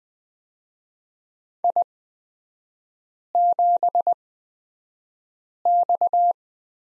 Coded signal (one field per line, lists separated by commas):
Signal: Morse code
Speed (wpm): 20 wpm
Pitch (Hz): 700 Hz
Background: none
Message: I7X